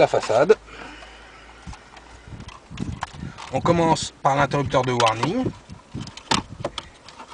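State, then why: Seated. Someone talks while a hazard warning switch is pushed into its opening in the plastic dashboard fascia of a Volkswagen, with light plastic handling taps along the way. Its retaining clip snaps at 6.3 s and the switch is seated; the clip has to be heard, otherwise the switch falls back into its housing.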